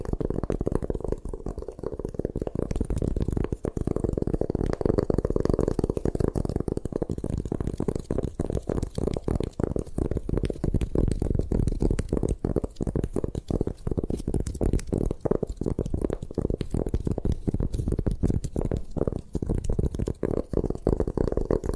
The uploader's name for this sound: Satisfying Ways to Destroy Gym Chalk